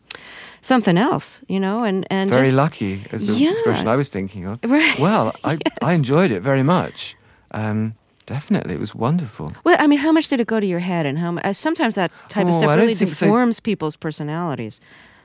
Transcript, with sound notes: something else, you know, and just...
Very lucky is the...
Yeah.
...Expression I was thinking of.
Right.
Well...
Yes (laughter).
...I enjoyed it very much. Definitely. It was wonderful.
Well, I mean, how much did it go to your head and how - sometimes that type of stuff...
Oh, I don't think...
...Really deforms people's personalities.